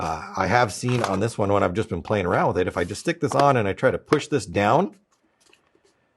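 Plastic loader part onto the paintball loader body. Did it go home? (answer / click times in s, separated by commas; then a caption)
no / none. Someone talks, then pushes a plastic part down onto the body of a Bunkerkings CTRL paintball loader, with one side off centre and out of its groove. Only a few faint, brief knocks follow between about 5.1 and 5.7 s. Nothing has snapped together or clicked yet.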